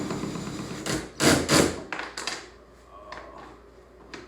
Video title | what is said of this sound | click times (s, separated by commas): Jackson Kayak flex drive install | do you hear my drill click | 1.9 s, 2.2 s, 2.3 s